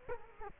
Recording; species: mosquito wingbeat signal from an infrared sensor; Culex quinquefasciatus